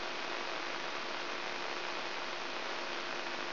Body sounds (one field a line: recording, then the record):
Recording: brain microelectrode recording played as sound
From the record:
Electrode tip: inside the subthalamic nucleus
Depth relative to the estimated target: -2 mm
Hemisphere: left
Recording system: AlphaMap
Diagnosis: Parkinson's disease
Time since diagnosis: 19 years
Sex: female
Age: 64 years